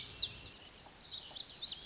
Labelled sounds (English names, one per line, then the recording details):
Lazuli Bunting
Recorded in Sonoma County, California